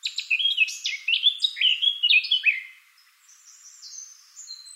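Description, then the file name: Eurasian blackcap with a loud rapid warble for three seconds, followed by soft, drawn-out high whistles. "Sylvia atricapilla"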